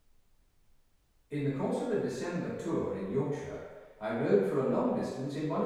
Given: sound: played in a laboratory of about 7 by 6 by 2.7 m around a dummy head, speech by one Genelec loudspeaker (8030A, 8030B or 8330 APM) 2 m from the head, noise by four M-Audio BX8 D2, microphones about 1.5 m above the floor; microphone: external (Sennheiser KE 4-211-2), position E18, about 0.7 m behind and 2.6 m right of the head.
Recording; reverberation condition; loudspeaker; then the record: male speech in English; high; in front (0 degrees)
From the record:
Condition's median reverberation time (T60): about 1300 ms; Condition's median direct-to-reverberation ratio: about -4.0 dB